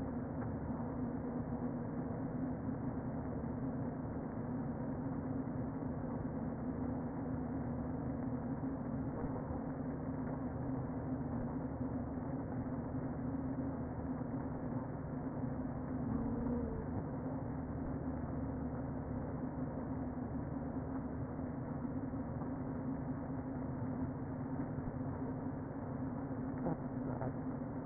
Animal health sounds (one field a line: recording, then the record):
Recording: honeybee colony, microphone inside the hive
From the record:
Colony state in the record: queen present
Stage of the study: before two queens were removed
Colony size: about 60,000 bees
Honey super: yes